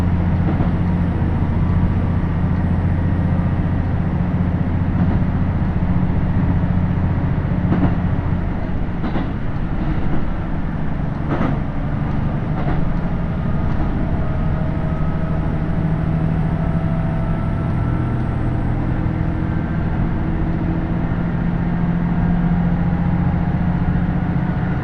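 Steady low rumble inside a KiHa 75 diesel railcar on the Takayama Line, with faint rattles and brief clicks around the middle.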